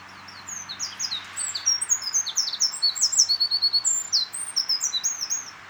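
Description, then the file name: Eurasian wren song: a fast, high, tumbling stream of sharp chirps and whistled slurs that builds into a rapid run of notes, with faint low hum beneath. "Troglodytes troglodytes"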